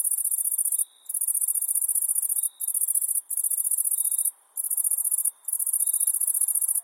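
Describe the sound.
Cicada droning in a harsh, very high buzz that stops and restarts five times, with faint lower tones running quietly below.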